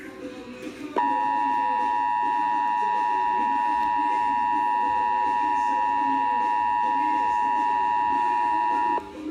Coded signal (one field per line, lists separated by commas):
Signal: Emergency Alert System (SAME) tones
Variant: 853 and 960 Hz attention tone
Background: speech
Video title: EAS #115 Severe Thunderstorm Watch